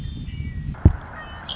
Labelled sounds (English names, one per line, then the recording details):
Red-winged Blackbird
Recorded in Sonoma County, California